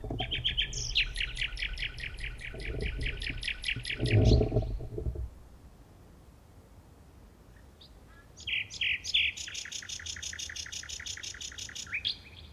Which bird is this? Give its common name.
Common Nightingale